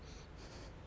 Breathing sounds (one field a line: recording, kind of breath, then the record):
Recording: one breath in and out by a microphone near the nose and mouth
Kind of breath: strong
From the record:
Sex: male